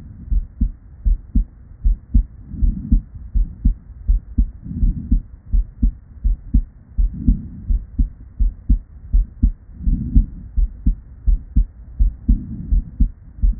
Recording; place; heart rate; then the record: heart sounds by stethoscope; Erb's point; 80 bpm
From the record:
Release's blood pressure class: normal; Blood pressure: 109/68 mmHg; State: at rest